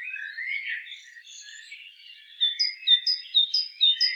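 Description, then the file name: Great tit calls: soft, low warbling, then a rapid series of loud, paired, sharply falling high notes repeated about twice a second. "Parus major"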